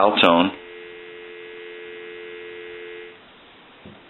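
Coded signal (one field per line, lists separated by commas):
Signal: telephone call progress tone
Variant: North America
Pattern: dial tone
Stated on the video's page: Tones from a candlestick telephone with rotary dial during initial checkout and repair.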